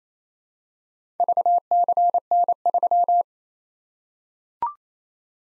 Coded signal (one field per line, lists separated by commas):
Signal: Morse code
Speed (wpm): 27 wpm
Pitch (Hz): 700 Hz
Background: none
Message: VCN3